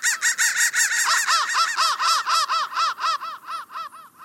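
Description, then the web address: Crow caws, a rapid run of harsh arched notes, starting loud and thinning out and fading toward the end. "soundfactory crow 1"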